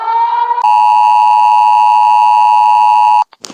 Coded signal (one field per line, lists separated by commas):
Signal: Emergency Alert System (SAME) tones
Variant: 853 and 960 Hz attention tone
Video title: all of Asia's eas alarms